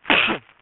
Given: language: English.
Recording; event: throat vibration sensor signal played as sound; cough